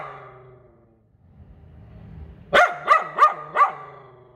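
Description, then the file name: Poodle barking: after a faint fading tone and a low rumble, four sharp, evenly spaced yaps come in quick succession near the end. "Tieng cho poodle sua"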